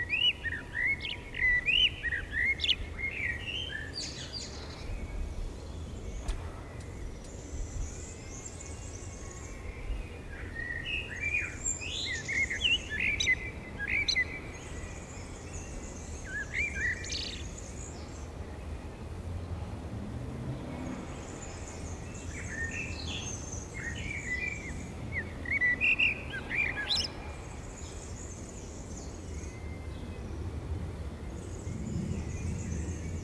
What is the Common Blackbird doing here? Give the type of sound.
song